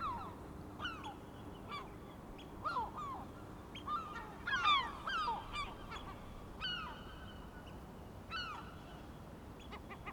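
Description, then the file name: Gulls calling sparsely, with isolated harsh downslurred cries and a few short overlapping exchanges. Several gulls, recorded 23 May 2004. "Mouettes 040523"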